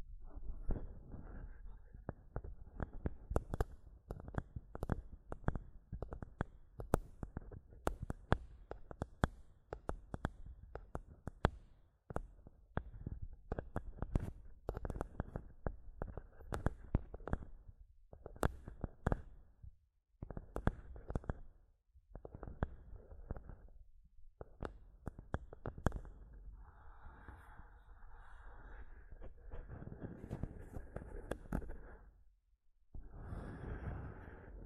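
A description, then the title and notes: A microphone is tapped and scratched in quick, irregular bursts, each tap a dull low thump with a sharp click. The first twenty seconds are dense with rapid tapping; later the sound turns to rougher scraping stretches broken by brief silences, around 20, 25 and 33 seconds. ASMR Mic Tapping and Scratching (No Talking).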